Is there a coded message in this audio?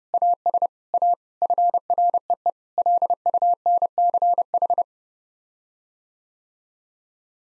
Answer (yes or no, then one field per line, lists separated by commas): yes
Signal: Morse code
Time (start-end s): 0.1-4.8 s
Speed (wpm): 30 wpm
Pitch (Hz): 700 Hz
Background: none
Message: AS A FREE LUNCH